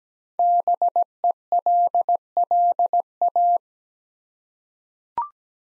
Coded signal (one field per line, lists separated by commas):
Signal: Morse code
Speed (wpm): 17 wpm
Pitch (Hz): 700 Hz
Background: none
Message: BELLA